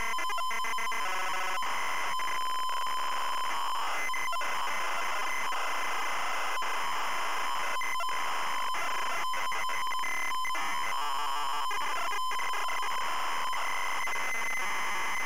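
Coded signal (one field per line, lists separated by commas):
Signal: ZX Spectrum tape loading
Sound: continuous harsh screeching data noise with a buzzing tone and rapid chattering changes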